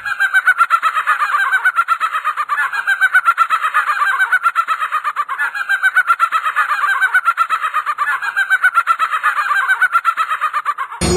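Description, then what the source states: Laughing Falcon song: a continuous stream of loud, rapid, rhythmic laughing notes in long phrases that fall gently in pitch and repeat without break. Pairs may sing in duet, an uninterrupted sequence of up to nine minutes; folk belief says whoever hears the song cannot help imitating it; noisy Brazilian falcon nesting in tree cavities.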